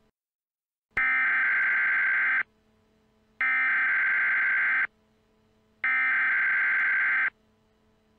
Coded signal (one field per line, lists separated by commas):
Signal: Emergency Alert System (SAME) tones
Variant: header bursts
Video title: EAS Scenario - Black Hole